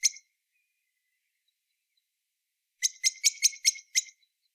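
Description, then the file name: Common blackbird calls: one sharp chink, a long silence, then a rapid run of six hard clicking notes; otherwise quiet background. "Turdus merula"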